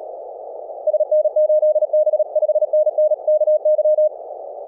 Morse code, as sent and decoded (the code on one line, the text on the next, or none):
... -. ---.. -... / ..... -. -. / -.- -.--
SN8B 5NN KY